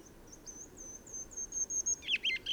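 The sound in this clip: Songbird singing: a string of high thin whistles, then a sudden drop to quick, loud, sweeping chirped notes, against noticeable hissy background noise.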